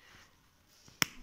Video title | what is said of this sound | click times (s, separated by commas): Luxor Ink GLAIDE fountain pen unboxing | it goes down. A click sound will come. | 1.0 s